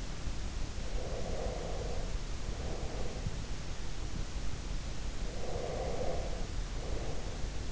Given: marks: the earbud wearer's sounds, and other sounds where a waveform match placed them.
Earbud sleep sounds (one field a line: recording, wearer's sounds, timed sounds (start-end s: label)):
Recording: sounds in sleep by an in-ear microphone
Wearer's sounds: breath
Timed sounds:
0.84-3.50 s: breath
5.32-7.72 s: breath